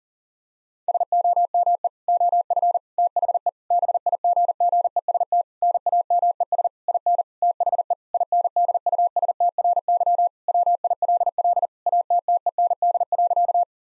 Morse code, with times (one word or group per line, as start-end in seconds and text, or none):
0.9-1.9 SOME
2.1-2.8 OF
3.0-3.5 THE
3.7-5.4 BIGGEST
5.6-6.7 NAMES
6.9-7.2 IN
7.4-7.9 THE
8.1-10.3 INDUSTRY
10.5-11.7 WILL
11.9-13.6 ATTEND.